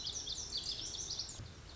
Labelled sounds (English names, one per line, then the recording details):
Lazuli Bunting
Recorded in Sonoma County, California